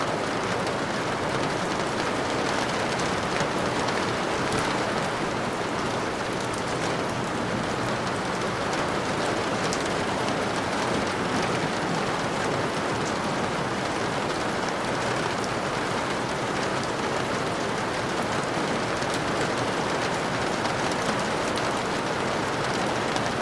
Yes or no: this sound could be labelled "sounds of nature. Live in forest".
no